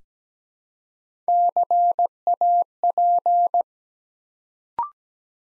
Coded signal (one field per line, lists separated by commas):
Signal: Morse code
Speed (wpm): 17 wpm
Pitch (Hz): 700 Hz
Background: none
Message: CAP